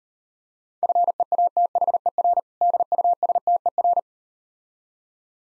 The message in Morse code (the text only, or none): FEATHER DUSTER